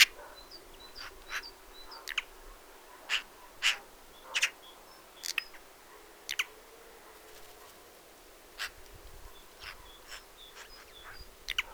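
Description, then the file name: Eurasian magpie calls: irregular harsh, grating single notes, some in quick pairs, with faint high whistles from other birds. "Pica pica"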